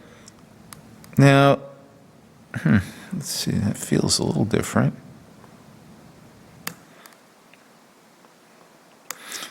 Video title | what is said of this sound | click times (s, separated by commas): Money For Nothing 1 | this one's got kind of a little click to it | 6.7 s, 9.1 s